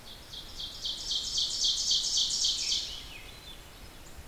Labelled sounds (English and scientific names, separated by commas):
Ovenbird (Seiurus aurocapilla) song